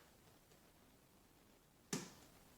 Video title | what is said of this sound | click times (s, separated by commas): Stilo ST5 CMR Youth Helmet Unboxing | there you go so we the first click you'll notice that there's an error gap in here | 1.9 s